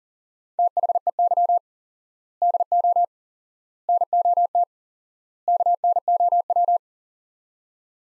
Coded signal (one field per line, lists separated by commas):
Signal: Morse code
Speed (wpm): 40 wpm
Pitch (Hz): 700 Hz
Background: none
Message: THEY DO NOT KNOW